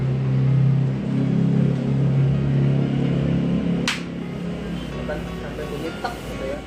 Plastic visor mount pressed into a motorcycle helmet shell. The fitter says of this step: Dan caranya ini dimasukkan terlebih dahulu ya Tekan sampai terdengar bunyi "Tek"